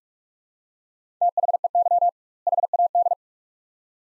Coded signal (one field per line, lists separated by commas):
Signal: Morse code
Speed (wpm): 47 wpm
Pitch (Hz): 700 Hz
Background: none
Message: THEY HAD